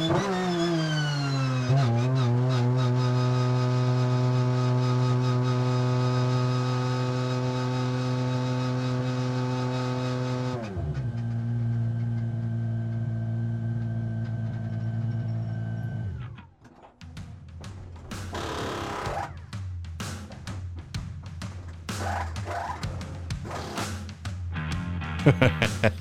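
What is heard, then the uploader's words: From inside a race car, the engine drones at a steady high pitch, then drops sharply around ten seconds as revs fall and shifts. Near sixteen seconds the noise briefly cuts out, followed by rougher, rising engine sound with sharp clatter and bursts. Porsche 911 RSR In-Car Audio, Charlotte 2020. 912 RSR and its 4.2-liter flat-six engine screaming between the oval's walls and throughout the winding infield section.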